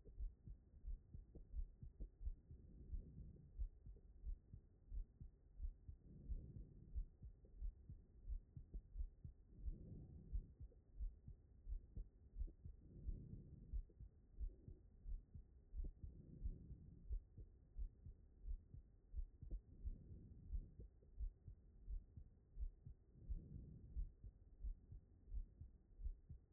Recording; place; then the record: heart sounds by stethoscope; aortic valve (AV)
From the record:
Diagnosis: non-HFrEF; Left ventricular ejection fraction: 72%